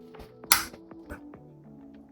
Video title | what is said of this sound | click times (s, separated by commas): If You Aren't Storing Your Filament Like This, You’re Doing It Wrong | and it makes a very satisfying snap when you clicker together | 0.5 s